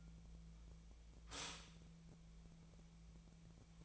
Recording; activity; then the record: daily activity, microphone in the room; stop toaster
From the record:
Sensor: 1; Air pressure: 1000.3 hPa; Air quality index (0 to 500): 156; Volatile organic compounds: 3 ppm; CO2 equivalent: 1459 ppm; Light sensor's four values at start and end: 30/74/31/37 and 30/74/31/37